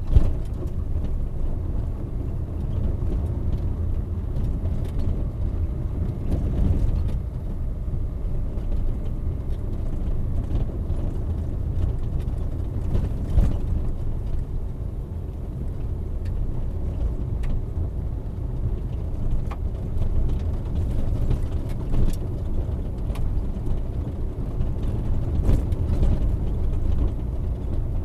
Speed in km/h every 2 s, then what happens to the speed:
18, 24, 27, 27, 25, 23, 20, 19, 20, 19, 18, 16, 18, 19.
0-4 speeds up to 27. 4-13 slows to 19. 13-28 steady at about 19.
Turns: none.